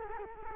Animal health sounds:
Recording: mosquito wingbeat signal from an infrared sensor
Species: Culex quinquefasciatus

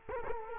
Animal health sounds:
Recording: mosquito wingbeat signal from an infrared sensor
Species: Culex quinquefasciatus

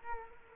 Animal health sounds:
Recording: mosquito wingbeat signal from an infrared sensor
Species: Culex quinquefasciatus

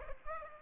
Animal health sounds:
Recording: mosquito wingbeat signal from an infrared sensor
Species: Aedes aegypti

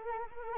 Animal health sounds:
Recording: mosquito wingbeat signal from an infrared sensor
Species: Anopheles arabiensis

